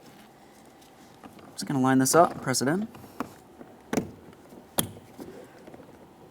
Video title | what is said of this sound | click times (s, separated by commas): How to Replace Front Exterior Door Handles 2015-2019 Subaru Outback | After an audible click, just a light tug confirming it's secured in place. | 4.8 s